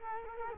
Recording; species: mosquito wingbeat signal from an infrared sensor; Culex quinquefasciatus